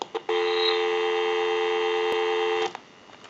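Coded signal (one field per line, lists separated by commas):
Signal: telephone call progress tone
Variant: North America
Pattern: dial tone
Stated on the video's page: Call progress tone heard on a General Electric 27909 cordless 6.0 telephone during initial checkout and repair.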